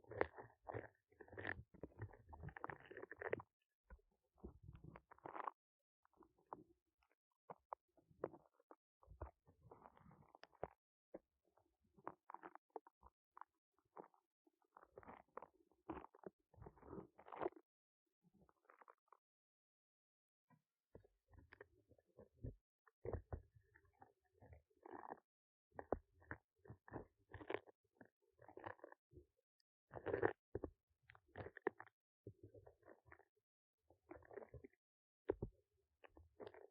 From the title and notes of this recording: ASMR Ear Cleaning clogged with Foam Clay (No Talking).